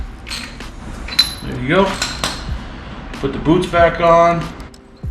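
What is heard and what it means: Rubber spark plug boots are handled as they are about to be pushed back onto the spark plugs of a motorcycle engine, with light clatters, sharp knocks and someone talking. The clip ends before any boot goes home, so nothing has seated or clicked yet.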